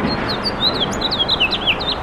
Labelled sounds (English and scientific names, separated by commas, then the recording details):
House Finch (Haemorhous mexicanus) song
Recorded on Long Island, New York, on 7 June 2012
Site SU
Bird B